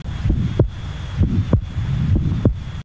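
Sharp, clicking paired heart sounds at the aortic area of an adult heart, about 65 beats per minute, heard by stethoscope: the sounds of a prosthetic aortic valve.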